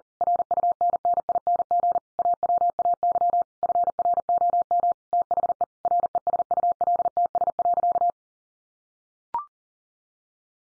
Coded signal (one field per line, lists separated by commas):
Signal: Morse code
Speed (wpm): 40 wpm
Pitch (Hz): 700 Hz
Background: none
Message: RUNNING AWAY FROM THE RESULTS.